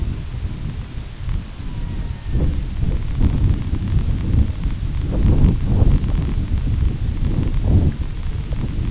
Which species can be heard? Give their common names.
Red-throated Loon